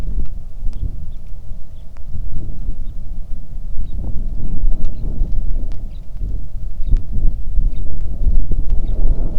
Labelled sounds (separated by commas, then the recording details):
songbird, wind
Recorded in the Arctic National Wildlife Refuge, Alaska, on 3 August 2019 at 09:02
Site 46